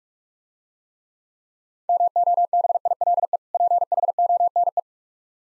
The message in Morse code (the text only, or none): MOBILE PHONE